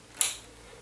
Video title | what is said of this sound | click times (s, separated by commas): In Depth Guide to Setting Up the PlayStation 4 Pro | and there it goes clicks in so that is basically the playstation 4 pro connected up | 0.2 s